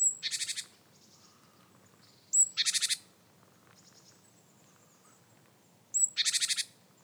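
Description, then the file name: Great tit calling three times, roughly every two to four seconds, each a sharp high thin note leading into a dry, buzzy, rattling churr of quick pulses. "Parus major"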